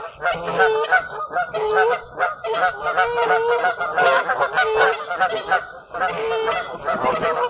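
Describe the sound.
Water birds honking, a loud flock of nasal honks overlapping continuously, some calls drawn out, with a constant clamour and no pause.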